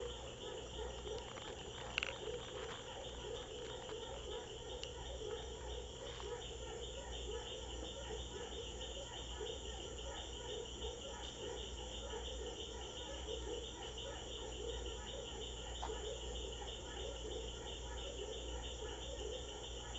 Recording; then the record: honeybee defence experiment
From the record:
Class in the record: control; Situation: empty test tube, no live specimens